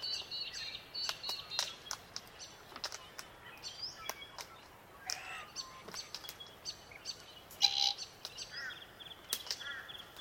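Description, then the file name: Glossy black cockatoo calls: a few short high notes among many chirps and sharp clicks. Calls described as melodic. "melodic glossy black cuckatoos"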